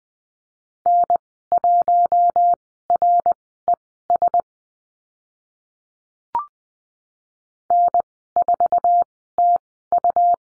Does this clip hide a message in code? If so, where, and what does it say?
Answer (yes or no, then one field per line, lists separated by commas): yes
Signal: Morse code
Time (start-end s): 0.9-10.3 s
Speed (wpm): 20 wpm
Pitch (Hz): 700 Hz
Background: none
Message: N1RES N4TU